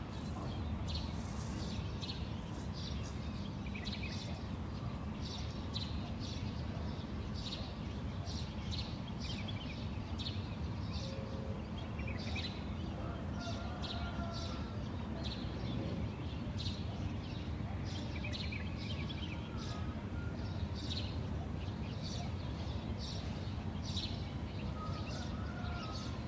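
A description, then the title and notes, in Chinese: Morning birdsong rises in short bright chirps and twitters, scattered steadily across the whole stretch, several birds calling over one another. Beneath them runs a constant low rumble, like far traffic, and a few brief mid-pitched calls stand out around ten and twenty seconds. 这段声音来自于4月23日的早晨。Kidd发来大理清晨的声音。听到陆续传出来的鸟叫声，一只，两只，三只，有的叽叽喳喳，有的布谷布谷。都是用简单的设备录制而成，没有经过太多修饰。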